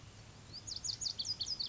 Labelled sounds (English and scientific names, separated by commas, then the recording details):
Lazuli Bunting (Passerina amoena)
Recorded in Sonoma County, California